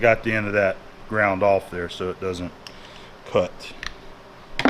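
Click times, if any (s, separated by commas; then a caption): 4.6 s. A polymer rod seal is worked into the groove of a hydraulic cylinder gland while someone talks, followed by a few small scraping and tapping sounds. The seal pops into place with a sharp click at 4.6 s, and it is seated in the gland groove.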